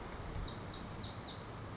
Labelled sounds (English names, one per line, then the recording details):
Lazuli Bunting
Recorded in Sonoma County, California